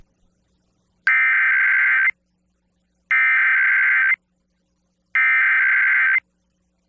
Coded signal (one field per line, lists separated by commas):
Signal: Emergency Alert System (SAME) tones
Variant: header bursts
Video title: EAS #1218-1220: 3 EAS Required Monthly Tests- Aug. 5, 2026- 12:11AM PDT